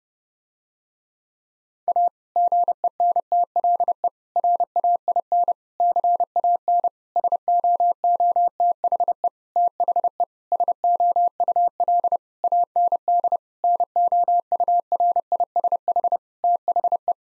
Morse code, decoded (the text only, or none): A GENTLE RAIN CAN SOOTHE THE SOUL AND NOURISH THE